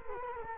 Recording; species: mosquito wingbeat signal from an infrared sensor; Culex quinquefasciatus